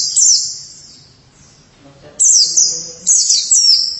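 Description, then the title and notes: White-eye song: a high twittering phrase, a short pause, then two more quick bursts of thin, sweeping chirps. "Suara kicauan burung pleci"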